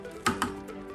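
A ball bearing in the wheel hub of an Onsra Black Carve 2 electric skateboard is pried loose by levering it back and forth with the axle. Two small, sharp clicks are heard at 0.3 s and 0.4 s over a low, steady background, as the bearing starts to shift and is released from the hub.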